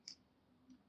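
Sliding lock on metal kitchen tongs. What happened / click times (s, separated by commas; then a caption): The small lock clicks open / 0.1 s. A small sliding lock on silicone-tipped metal kitchen tongs is released, giving a single short, sharp click at 0.1 s as the tongs spring open. A faint, lower thump follows around 0.7 s. The lock is released and the tongs are open.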